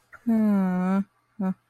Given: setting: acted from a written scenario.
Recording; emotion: vocal sound without words; realization